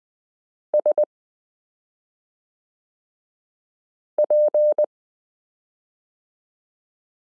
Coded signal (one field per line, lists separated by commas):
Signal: Morse code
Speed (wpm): 20 wpm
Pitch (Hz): 600 Hz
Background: none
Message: SP